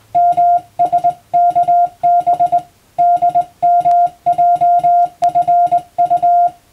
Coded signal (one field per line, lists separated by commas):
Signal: Morse code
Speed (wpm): 20 wpm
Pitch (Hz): 700 Hz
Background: music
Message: MSKB DMJFU